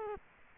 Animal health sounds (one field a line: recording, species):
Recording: mosquito wingbeat signal from an infrared sensor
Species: Culex quinquefasciatus